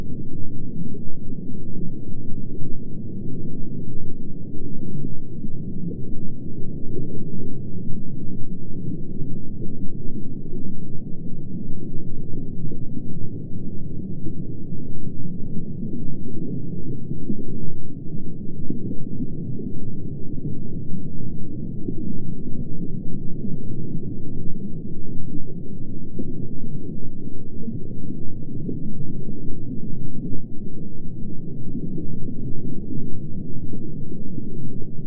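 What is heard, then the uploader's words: A low, muffled hum fills the whole recording, as if heard from under the water. It stays steady and dense throughout, with only a soft rolling texture and a faint deeper drone beneath. Nothing bright or sharp breaks through the murky sound. The Low Hum Under the Water.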